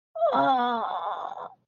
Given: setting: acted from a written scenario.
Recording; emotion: vocal sound without words; pain